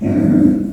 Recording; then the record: squeal of a Yucatan mini pig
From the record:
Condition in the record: after surgery on the right vocal fold (resection and tissue-engineered implant); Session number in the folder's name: 5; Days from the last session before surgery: 33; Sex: female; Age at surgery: 19 weeks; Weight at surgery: 25 kg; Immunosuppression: prednisolone